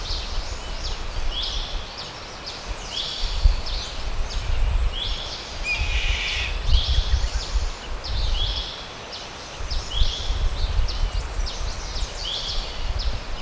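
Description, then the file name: Bird calling: a dense run of bright, high, quick descending chirps throughout, with one lower buzzy note midway, over constant low rumbling wind. "SABIOD 50 bird 2015"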